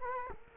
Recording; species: mosquito wingbeat signal from an infrared sensor; Culex quinquefasciatus